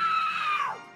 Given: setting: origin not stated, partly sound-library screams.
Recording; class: one-second piece from a danger detection set; woman in danger